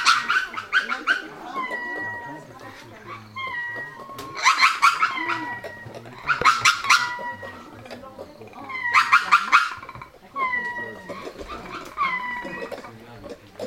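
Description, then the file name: Lemur calls: bursts of harsh stacked cries alternating with drawn-out whining mews, repeated in waves every few seconds. "cris-de-lémuriens. camp catta"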